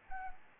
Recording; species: mosquito wingbeat signal from an infrared sensor; Anopheles arabiensis